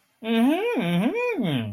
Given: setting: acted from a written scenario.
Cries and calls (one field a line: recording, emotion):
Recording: vocal sound without words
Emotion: positive surprise